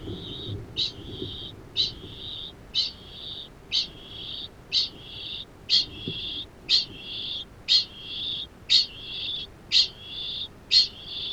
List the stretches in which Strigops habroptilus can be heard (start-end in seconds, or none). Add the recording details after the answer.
0.00-11.33. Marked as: faintness 2/5. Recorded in New Zealand. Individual Arab